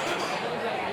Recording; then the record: coughing mixed with background sound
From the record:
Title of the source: Spring Cold Coughing 2